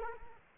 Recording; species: mosquito wingbeat signal from an infrared sensor; Culex quinquefasciatus